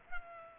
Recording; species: mosquito wingbeat signal from an infrared sensor; Culex pipiens